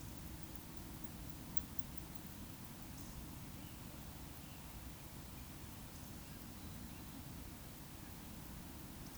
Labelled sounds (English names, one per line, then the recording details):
Eurasian Woodcock whistle
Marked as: whistle, whistle, whistle, whistle
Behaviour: display flight
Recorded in Baden-Württemberg, Germany, on 19 June 2020 at 19:48 UTC
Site 44397, 226 m above sea level